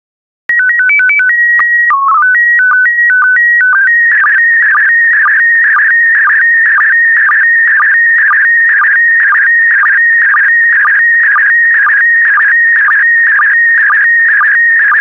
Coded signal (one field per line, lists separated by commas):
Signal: SSTV (slow-scan television)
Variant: PD 120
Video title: 13008 Flowers Volume I SSTV PD120